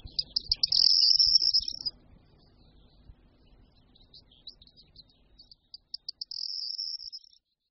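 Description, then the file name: Corn bunting song: ticks running into a high jingling rattle, then soft scattered chirps, and a second, quieter phrase of ticks and jangle near the end. "Strnad-luční"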